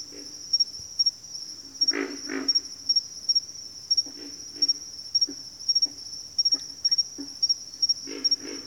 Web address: Nature Sounds Sounds of Nature Collection Pig Frogs